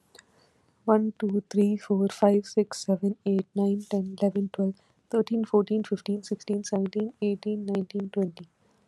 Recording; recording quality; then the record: counting at a fast pace; excellent, no background noise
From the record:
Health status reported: COVID-19 positive, mild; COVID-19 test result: positive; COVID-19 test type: rapid antigen test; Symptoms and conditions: cough, sore throat, fever, fatigue, muscle pain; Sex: female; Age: 25 years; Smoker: no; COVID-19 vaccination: both doses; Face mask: not worn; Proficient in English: yes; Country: India